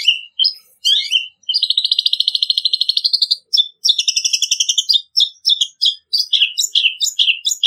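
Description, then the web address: Long-tailed shrike song: quick high chirps, then a long, fast, even buzzy trill, followed by a jumble of varied whistled and sliding notes, with no other sounds. Singing actively and loudly (gacor), ngeplong song style. "cendet gacor ngeplong. masteran cendet"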